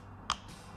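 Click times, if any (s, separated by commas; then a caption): 0.3 s. A small pull tab on the roller lock of a Yakima HandRoll horizontal kayak carrier mount is pulled out, releasing the plastic and metal catch so the roller can be rotated to spin freely. A single sharp click sounds at 0.3 s over a quiet background, and the lock is released.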